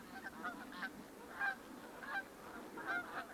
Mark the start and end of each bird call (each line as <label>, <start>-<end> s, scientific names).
Branta canadensis, 0.07-0.89 s
Branta canadensis, 1.33-1.57 s
Branta canadensis, 1.97-2.23 s
Branta canadensis, 2.76-3.28 s